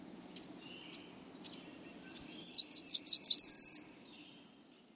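Blackburnian warbler giving four separate high chips, then a fast jumbled series of rising notes ending in a thin, extremely high whistle, with a faint low hum beneath.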